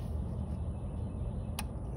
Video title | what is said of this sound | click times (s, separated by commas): 08 Chevy Silverado 1500 ignition coil replacement | listen for the snap you | 1.6 s